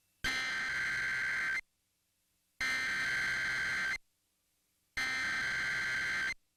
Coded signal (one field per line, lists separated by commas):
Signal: Emergency Alert System (SAME) tones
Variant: header bursts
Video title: KMRY Required Weekly Test #2 (EAS #371)